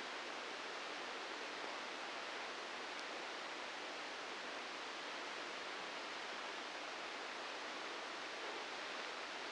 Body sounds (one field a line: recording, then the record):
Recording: brain microelectrode recording played as sound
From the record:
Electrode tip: outside the subthalamic nucleus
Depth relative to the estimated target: 1 mm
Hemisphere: right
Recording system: NeuroSet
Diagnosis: Parkinson's disease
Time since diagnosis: 9 years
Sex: female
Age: 51 years